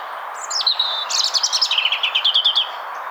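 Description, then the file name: European robin song phrase: thin high whistles sliding down, then a quick run of rapid repeated trilled notes, above a steady hiss. "Erithacus rubecula"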